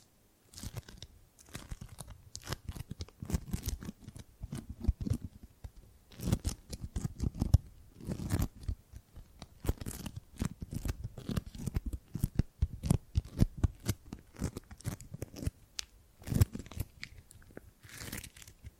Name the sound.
Gripping and Grabbing Sounds